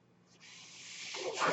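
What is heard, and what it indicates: A soft airy hiss that swells over about a second and a half: airflow from a home mechanical ventilator used by the speaker.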